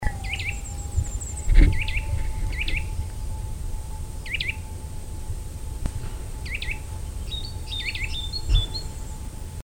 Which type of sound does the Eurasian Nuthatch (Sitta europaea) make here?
song